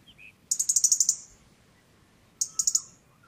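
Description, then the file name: European robin calling with a fast string of sharp, high ticks, then a shorter burst of three or four ticks after a pause. "Erithacus rubecula"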